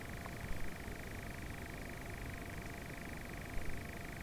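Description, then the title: Nightjar churring, a short even stretch of dry mechanical trilling over low background rumble. More than one nightjar. "Nightjars and a passing car"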